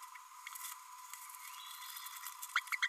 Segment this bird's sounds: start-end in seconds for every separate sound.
2.55-2.61, 2.72-2.75, 2.82-2.87